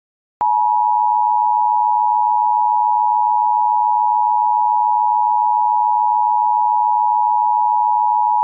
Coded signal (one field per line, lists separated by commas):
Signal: Emergency Alert System (SAME) tones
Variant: 853 and 960 Hz attention tone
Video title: EAS Scenario Delay Announcement